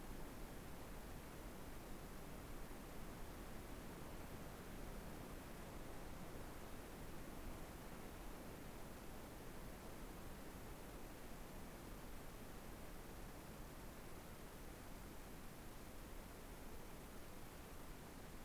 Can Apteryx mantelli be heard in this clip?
no